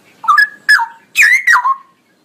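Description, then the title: Straw-headed bulbul song: four loud liquid whistled notes, each sweeping down in pitch, delivered in quick succession. Male, singing loudly with long rolling phrases; used as master recording for training songbirds. "GILEEE Cucak ROWO Jantan GACOR Suara Lantang ROoo EL Panjang"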